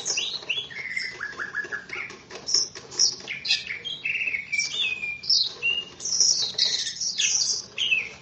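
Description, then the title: Greater green leafbird song: a dense, varied run of sharp chirps, slurred whistles and trills, mostly high-pitched, delivered almost without pause over a faint background hiss. "KICAU BURUNG CUCAK IJO"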